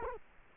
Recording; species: mosquito wingbeat signal from an infrared sensor; Culex quinquefasciatus